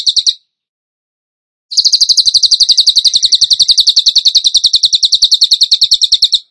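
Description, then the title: Bird song: a brief high burst, a pause, then a long, fast, evenly pulsed trill lasting about five seconds. Masteran (training recording) for birds in the tembakan gacor style. "Masteran Burung Tembakan Gacor"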